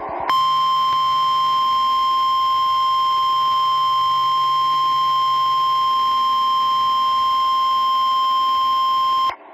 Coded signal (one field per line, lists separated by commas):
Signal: Emergency Alert System (SAME) tones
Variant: 1050 Hz attention tone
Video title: It's A Backwards Day| Required Weekly Tests 2/24/2021 (EAS #268-272)